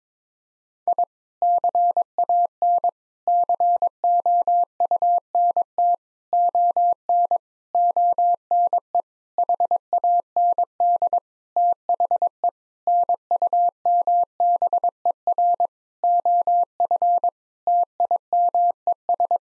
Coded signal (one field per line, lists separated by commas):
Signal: Morse code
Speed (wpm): 22 wpm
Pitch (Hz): 700 Hz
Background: none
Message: I CAN COUNT ON ONE HAND THE NUMBER OF TIMES